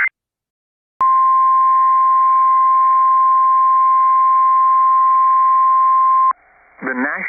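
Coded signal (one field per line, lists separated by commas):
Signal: Emergency Alert System (SAME) tones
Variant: 1050 Hz attention tone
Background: speech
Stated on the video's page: Personally captured EAS alerts from one day, compiled.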